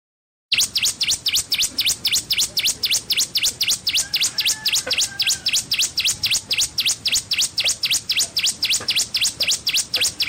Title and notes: Pijantung Gunung Gacor Jernih Panjang. Masteran burung